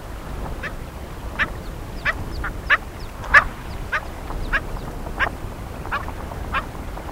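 Red grouse giving rough, clucking croaks in an uneven series, some louder and sharper, with a quieter background hiss.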